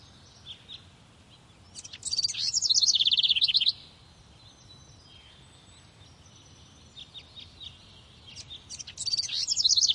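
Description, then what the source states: Bird chirping in two bursts: a rapid high trill of about two seconds, a lull with faint scattered notes, then another fast trill starting near the end. Morning, in a park.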